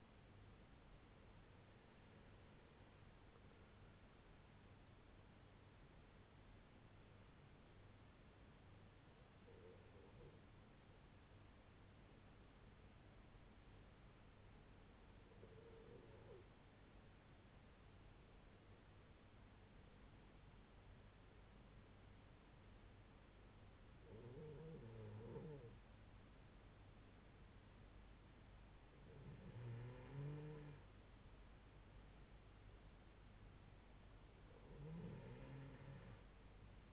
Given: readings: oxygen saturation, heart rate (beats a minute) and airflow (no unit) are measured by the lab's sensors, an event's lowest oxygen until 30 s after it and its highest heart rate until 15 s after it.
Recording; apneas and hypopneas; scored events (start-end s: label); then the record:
breathing in sleep by a voice recorder at the bedside; 1
9.00-32.00 s: hypopnea (N1, oxygen 96% highest, then 91% lowest, heart rate 63 at the start, 73 highest)
25.00-36.93 s: new sleep stage, N2 (light sleep)
From the record:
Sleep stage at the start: N1 (lightest sleep); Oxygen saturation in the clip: 89 to 96%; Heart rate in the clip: 63 to 76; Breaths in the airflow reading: 7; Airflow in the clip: -7.1 to 5.7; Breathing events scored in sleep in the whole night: 368 in 8.0 hours asleep